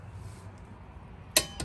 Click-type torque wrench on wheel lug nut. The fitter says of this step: there you go click